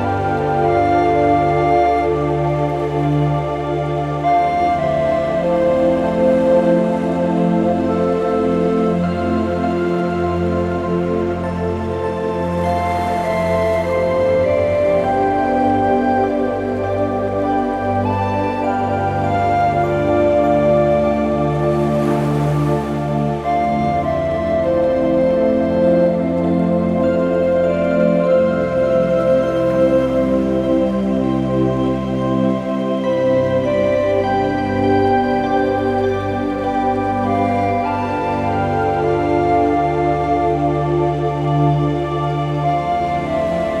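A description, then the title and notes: A slow, peaceful track plays steadily throughout, with sustained low tones and layered, held notes that shift gently every few seconds. Soft washes of ocean noise swell up around the 13 and 22 second marks beneath the music, which keeps an even level. Sleep Music with Gentle Ocean Noise. Peaceful track set against gentle ocean sounds.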